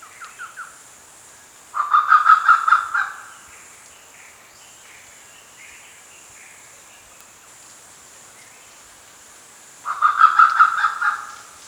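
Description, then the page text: Grey peacock-pheasant giving two bursts of harsh, rapidly repeated barking notes, separated by several seconds of quiet, with a steady high hiss throughout. "Grey Peacock Pheasant Barking Call. Quick Sounds"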